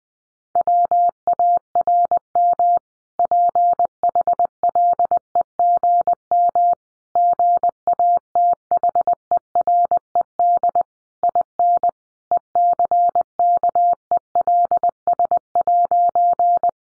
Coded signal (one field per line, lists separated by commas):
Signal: Morse code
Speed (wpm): 20 wpm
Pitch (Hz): 700 Hz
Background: none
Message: WARM PHLEGM GATHERED IN ECKELS'